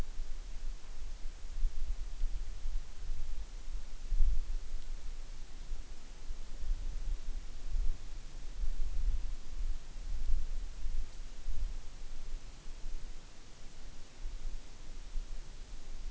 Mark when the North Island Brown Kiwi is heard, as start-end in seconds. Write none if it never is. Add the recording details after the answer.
none. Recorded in New Zealand on 8 June 2013. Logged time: 02:19